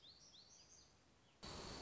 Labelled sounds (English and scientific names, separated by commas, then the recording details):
Black-throated Gray Warbler (Setophaga nigrescens)
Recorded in Sonoma County, California